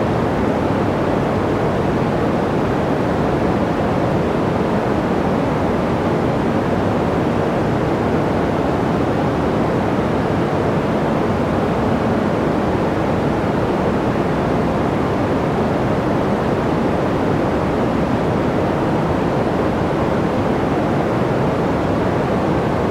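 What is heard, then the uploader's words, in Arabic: Soft, steady noise runs unchanged for the whole clip, with no breaks or separate events. The hiss is dense and weighted toward the low and middle range, with the top end muted, giving a rounded, gentle rush somewhat like surf. أنعم ضجيج أبيض | ضجيج أخضر طبيعي.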